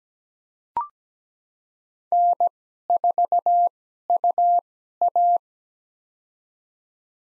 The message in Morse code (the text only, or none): N4UA